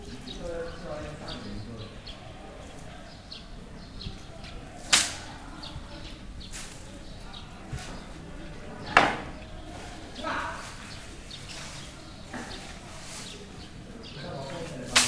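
Dried beans are banged in sharp, crisp knocks, the loudest near five, nine and fifteen seconds, with lighter taps in between at an uneven pace. Under them sits a low, steady rumble, and voices echo faintly along a narrow street.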